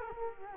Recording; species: mosquito wingbeat signal from an infrared sensor; Culex quinquefasciatus